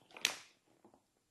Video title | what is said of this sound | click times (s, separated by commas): Review CleverMade's Collapsible Cooler Bag - A Day Trip Must | and now they're clicked into place so that is where the hard plastic layer is it's right in there and | 0.2 s